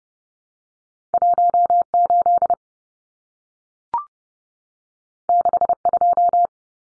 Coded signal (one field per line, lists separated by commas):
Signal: Morse code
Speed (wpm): 30 wpm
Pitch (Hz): 700 Hz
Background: none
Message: 18 62